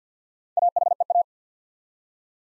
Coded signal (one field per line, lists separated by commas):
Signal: Morse code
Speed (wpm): 50 wpm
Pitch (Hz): 700 Hz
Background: none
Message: AHEA